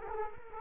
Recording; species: mosquito wingbeat signal from an infrared sensor; Culex quinquefasciatus